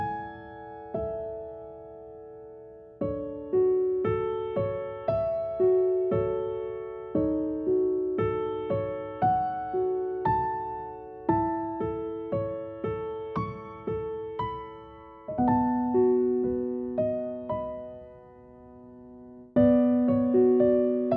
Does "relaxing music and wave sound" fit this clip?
yes